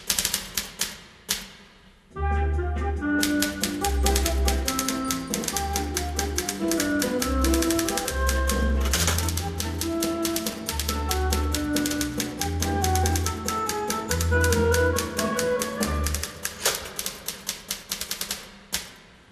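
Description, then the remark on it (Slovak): Rapid, steady typewriter key strikes clatter as someone puts paper in the machine and retypes, over a bouncy musical backing with plucked bass notes, after a few sparse clicks at the start, then thin out near the end. “Vložím papier do stroja a napíšem ich znova.”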